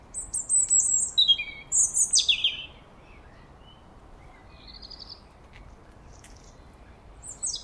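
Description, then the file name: European robin gives a short burst of high, sliding, tinkling notes, then falls mostly quiet with a faint warble before a new phrase starts at the end. "Erithacus rubecula"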